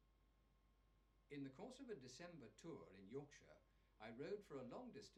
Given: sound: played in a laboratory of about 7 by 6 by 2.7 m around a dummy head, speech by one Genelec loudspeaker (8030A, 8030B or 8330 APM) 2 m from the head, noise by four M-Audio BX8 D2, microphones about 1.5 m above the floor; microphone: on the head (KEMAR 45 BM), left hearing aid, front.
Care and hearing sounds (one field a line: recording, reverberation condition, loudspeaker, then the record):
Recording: male speech in English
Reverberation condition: low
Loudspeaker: in front (0 degrees)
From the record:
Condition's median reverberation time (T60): about 310 ms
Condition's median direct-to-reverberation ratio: about 3.5 dB